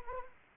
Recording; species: mosquito wingbeat signal from an infrared sensor; Anopheles arabiensis